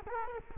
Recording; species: mosquito wingbeat signal from an infrared sensor; Culex quinquefasciatus